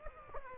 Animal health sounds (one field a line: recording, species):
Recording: mosquito wingbeat signal from an infrared sensor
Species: Aedes aegypti